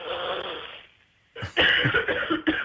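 A raspy, breathy rush of air, a brief pause, then a loud burst of several harsh coughs in quick succession, with no talking.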